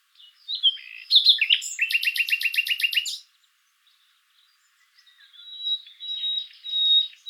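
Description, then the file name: Common nightingale singing a fast phrase of repeated chirping notes that ends abruptly, followed after a short silence by thin drawn-out whistled notes. "Luscinia megarhynchos"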